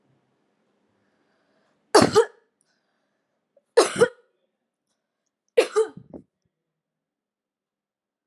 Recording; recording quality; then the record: heavy voluntary cough; excellent, no background noise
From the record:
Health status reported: healthy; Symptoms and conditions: hypertension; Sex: female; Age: 26 years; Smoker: not ticked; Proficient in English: yes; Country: India